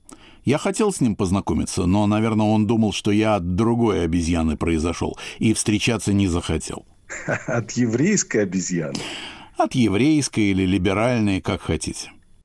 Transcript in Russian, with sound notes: Я хотел с ним познакомиться, но, наверное, он думал, что я от другой обезьяны произошел, и встречаться не захотел.
(Смеется.) От еврейской обезьяны.
От еврейской или либеральной. Как хотите.